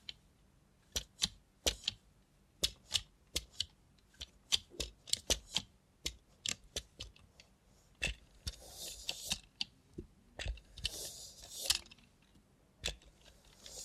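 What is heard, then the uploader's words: ASMR with a robot hand: crisp clicks and taps, roughly twice a second, with brief rustling bursts near 8–9 and 11 seconds. Try ASMR with a Robot Hand (No Talking).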